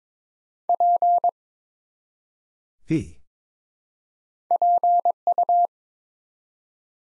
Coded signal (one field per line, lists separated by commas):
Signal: Morse code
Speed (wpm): 22 wpm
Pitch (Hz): 700 Hz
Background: none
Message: P PU